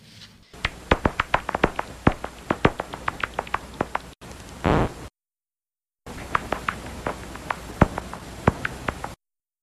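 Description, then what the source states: Little brown bat echolocation, pitch-lowered: a rapid, uneven series of dry clicks and ticks, with a short break partway through. Common local species on the Olympic Peninsula; the call is above human hearing, recorded with special equipment and lowered in pitch to be audible.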